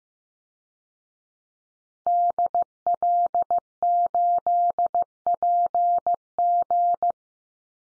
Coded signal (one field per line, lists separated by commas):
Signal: Morse code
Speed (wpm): 15 wpm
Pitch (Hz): 700 Hz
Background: none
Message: DL8PG